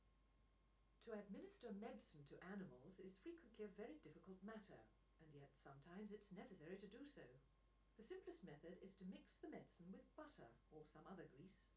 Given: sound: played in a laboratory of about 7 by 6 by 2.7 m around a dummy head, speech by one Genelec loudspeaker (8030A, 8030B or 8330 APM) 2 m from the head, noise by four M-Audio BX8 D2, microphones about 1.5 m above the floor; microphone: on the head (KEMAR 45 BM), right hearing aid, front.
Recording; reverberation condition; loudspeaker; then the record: female speech in English; low; 90 degrees to the left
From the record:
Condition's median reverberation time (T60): about 310 ms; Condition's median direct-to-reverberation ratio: about 3.5 dB